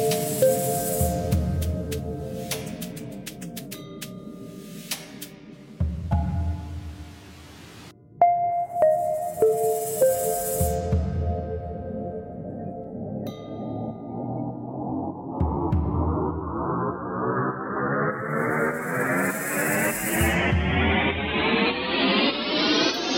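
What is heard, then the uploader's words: Soft synth swells with low, throbbing wubs that surge roughly every five seconds under steady ringing tones. Bursts of airy hiss flash in the highs, and the sound briefly thins out near eight seconds. From about fifteen seconds a dense whooshing sweep climbs steadily upward. Soft swells transition to deep rich wubs.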